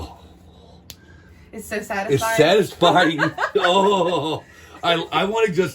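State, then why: Seated. A plastic flip-top lid is snapped shut on a small alcohol ink dropper bottle, clicking into place with one short, sharp snap at 0.9 seconds, and the closure is called satisfying. Someone then talks and chuckles.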